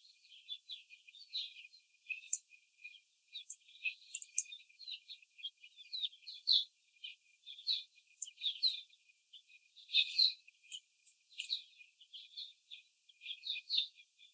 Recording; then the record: young laying hens in a cage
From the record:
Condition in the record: after the stressor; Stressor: simulated dog barking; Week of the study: 4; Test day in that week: 3